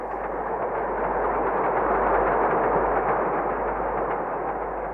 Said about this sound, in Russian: Это поезд? Да. Железная дорога проходит рядом с нами. А ночью проходит много поездов? Я не считал. Около 40, наверное. Особенно много проходит товарных составов. Очень длинных.